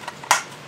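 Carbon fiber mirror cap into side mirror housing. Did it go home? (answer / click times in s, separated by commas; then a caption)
yes / 0.3 s. A carbon fiber mirror cap is pressed onto the side mirror housing of a Golf R MK8 until it clips in. After a couple of faint taps, one sharp, bright snap lands at 0.3 s. The cap seats smoothly and easily.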